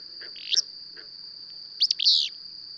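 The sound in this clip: Bird chirps: one brief upward note, then a quick loud cluster of three swept notes a second later, over a steady high hum.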